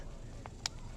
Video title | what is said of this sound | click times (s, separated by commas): Can This Tiny Stroller Really Fit In Your Backpack? | All right, now that it's locked, you well, fold this out the way | 0.5 s, 0.7 s